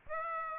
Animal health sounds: mosquito wingbeat signal from an infrared sensor; Aedes aegypti

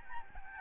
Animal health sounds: mosquito wingbeat signal from an infrared sensor; Aedes albopictus

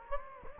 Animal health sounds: mosquito wingbeat signal from an infrared sensor; Anopheles gambiae

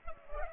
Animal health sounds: mosquito wingbeat signal from an infrared sensor; Culex pipiens

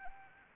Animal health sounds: mosquito wingbeat signal from an infrared sensor; Anopheles gambiae

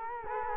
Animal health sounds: mosquito wingbeat signal from an infrared sensor; Culex quinquefasciatus

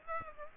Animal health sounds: mosquito wingbeat signal from an infrared sensor; Aedes aegypti

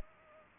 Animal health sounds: mosquito wingbeat signal from an infrared sensor; Culex pipiens

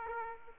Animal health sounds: mosquito wingbeat signal from an infrared sensor; Aedes aegypti

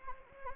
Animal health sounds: mosquito wingbeat signal from an infrared sensor; Anopheles arabiensis

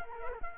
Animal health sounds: mosquito wingbeat signal from an infrared sensor; Culex quinquefasciatus

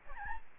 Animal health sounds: mosquito wingbeat signal from an infrared sensor; Aedes albopictus

